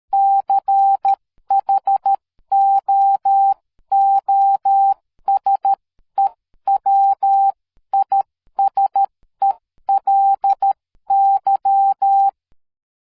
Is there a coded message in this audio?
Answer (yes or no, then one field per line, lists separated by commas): yes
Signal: Morse code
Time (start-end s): 0.1-12.3 s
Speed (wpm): 13 wpm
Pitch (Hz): 790 Hz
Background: none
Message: CHOOSE WISELY